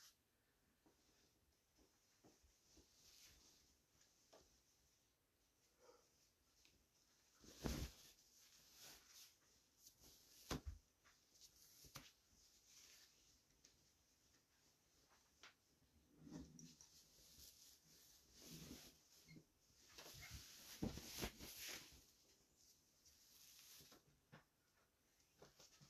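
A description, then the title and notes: Quiet, uneven household sounds with scattered bursts: sharp hissing scrapes and rustles near 8 seconds, around 10 seconds, and in a busier cluster from about 16 to 24 seconds. Softer shuffling and faint tapping fill the gaps, with scratchy writing-like strokes in places. From winter in Sweden.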